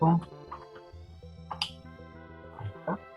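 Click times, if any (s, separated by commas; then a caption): 1.6 s. A plastic AC adapter block that replaces the batteries is pushed into the battery compartment of a Nintendo Game Boy Advance handheld game console, and it latches with a sharp click at 1.6 s, among softer handling taps. Music plays in the background and someone talks. The adapter plug is seated.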